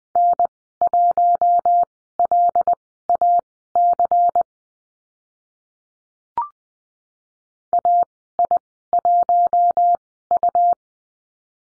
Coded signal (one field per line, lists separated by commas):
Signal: Morse code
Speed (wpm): 20 wpm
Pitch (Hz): 700 Hz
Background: none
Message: N1LAC AI1U